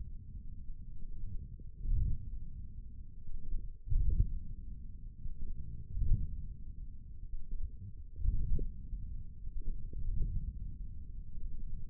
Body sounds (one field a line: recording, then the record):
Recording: forearm muscle sounds (acoustic myography)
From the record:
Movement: wrist flexion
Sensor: system 1, eight BSWA MPA416 microphones around the upper forearm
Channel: 2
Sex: male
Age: 42 years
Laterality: right